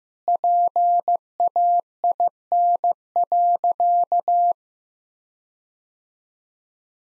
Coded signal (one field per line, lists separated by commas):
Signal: Morse code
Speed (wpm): 15 wpm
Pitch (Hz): 700 Hz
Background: none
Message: PAIN.